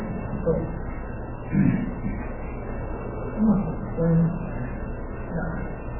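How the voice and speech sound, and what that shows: Soft, short speech bursts with long pauses over a steady low hum: an adult with ALS and a tracheostomy, dependent on a mechanical ventilator. Their breathing function has declined so far that they would soon be unable to breathe if taken off it, yet with the ventilator attached they speak almost normally.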